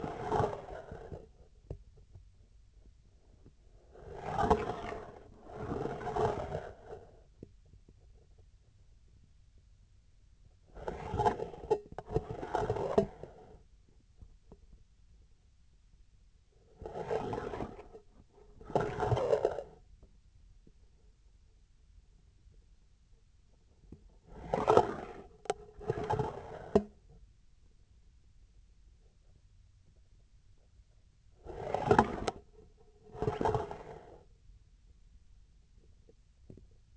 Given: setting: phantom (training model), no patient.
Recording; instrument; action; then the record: laparoscopic instrument, vibration sensor on the handle end; scissors; approaching and retracting movements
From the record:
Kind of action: spatial motion